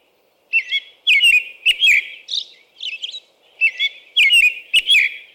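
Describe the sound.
American robin caroling: two groups of clear whistled phrases separated by softer twittering notes, delivered in lively rhythm.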